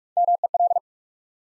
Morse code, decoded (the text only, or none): MEL